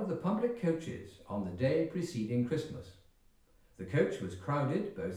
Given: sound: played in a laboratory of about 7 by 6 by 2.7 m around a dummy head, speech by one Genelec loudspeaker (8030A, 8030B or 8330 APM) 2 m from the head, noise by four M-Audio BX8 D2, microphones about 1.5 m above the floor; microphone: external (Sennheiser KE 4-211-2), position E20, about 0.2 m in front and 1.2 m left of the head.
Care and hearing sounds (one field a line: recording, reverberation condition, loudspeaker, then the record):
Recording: male speech in English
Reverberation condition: medium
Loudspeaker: 150 degrees to the right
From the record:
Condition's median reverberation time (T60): about 510 ms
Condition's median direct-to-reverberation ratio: about -0.5 dB